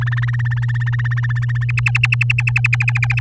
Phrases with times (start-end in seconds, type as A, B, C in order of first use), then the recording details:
0.01-1.64 A, 1.69-3.20 B. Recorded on 11 May 2018 at 05:47. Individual llb16